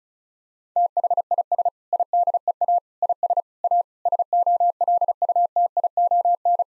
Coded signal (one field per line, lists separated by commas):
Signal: Morse code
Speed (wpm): 36 wpm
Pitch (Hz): 700 Hz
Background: none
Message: THIS IDEA IS A SOLUTION